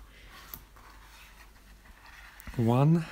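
A plastic pick is worked between the aluminium bottom cover and the case of a 13-inch MacBook Pro A1708 (2016/2017, 2 Thunderbolt ports) to reach the SSD for replacement. The first bottom-cover retaining clip pops free with a sharp snap at 0.5 s, followed by faint handling sounds. Near the end, someone talks briefly.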